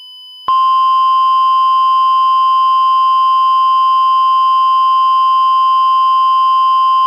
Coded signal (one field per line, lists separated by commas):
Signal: Emergency Alert System (SAME) tones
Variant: 1050 Hz attention tone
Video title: EAS Scenario - Pixie and Brutus